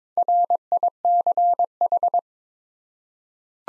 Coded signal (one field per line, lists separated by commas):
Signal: Morse code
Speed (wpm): 22 wpm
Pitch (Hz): 700 Hz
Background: none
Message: RICH